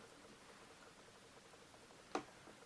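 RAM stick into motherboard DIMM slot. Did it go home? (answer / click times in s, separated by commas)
no / none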